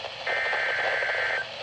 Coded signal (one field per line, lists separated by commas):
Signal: Emergency Alert System (SAME) tones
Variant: header bursts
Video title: SVA 318 - WNG586 (6/16/23 - EAS # 251)